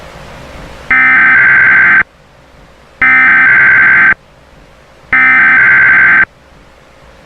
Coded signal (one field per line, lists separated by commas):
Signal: Emergency Alert System (SAME) tones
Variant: header bursts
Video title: EAS Scenario Cartooned to life p2 unfinished